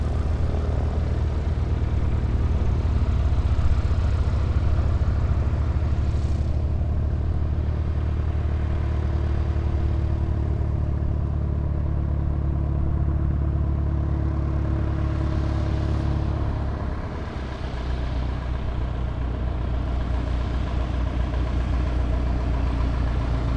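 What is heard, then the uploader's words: A light aircraft's engine drones low and steady, shifting pitch and easing slightly around seventeen seconds, with faint airport noise behind. Archerfield Light Aircraft (field recording). Composite field sound recording from Archerfield Airport near Brisbane, Australia. Sounds include aircraft taking off, landing and taxiiing as well as other airport sounds. Sound recording by G R Legge, 24 bit, 192kHz with a Sony PCM-D100.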